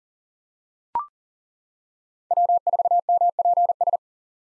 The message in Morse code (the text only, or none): W4MPS